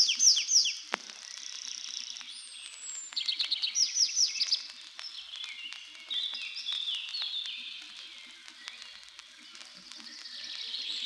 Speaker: Песня лесного конька слышна над лесными опушками и зарастающими сечами.